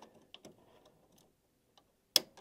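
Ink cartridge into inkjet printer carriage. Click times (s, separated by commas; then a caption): 0.3 s, 2.2 s. Plastic ink cartridges are pushed back into the print head carriage of an inkjet printer, producing a series of light plastic ticks and scrapes. A click is heard at 0.3 s, followed by a much louder, sharp click at 2.2 s as the cartridges seat in place.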